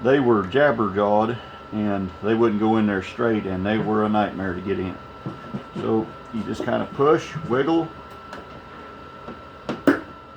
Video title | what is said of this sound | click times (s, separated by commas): New radiator for Hoopty Wagon Pt. 2. | and then you get a click and that's when she's in the hole | 9.9 s